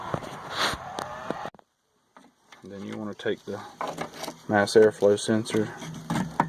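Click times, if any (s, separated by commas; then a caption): none. Someone talks while handling the wiring harness connector for the mass airflow sensor, about to plug it back into the sensor on a new S&B intake kit #75-5080 being installed on a 2006 GMC Duramax LBZ. Only brief handling taps and knocks are heard between the speech. Nothing has seated or clicked yet.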